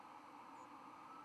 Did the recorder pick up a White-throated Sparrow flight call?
no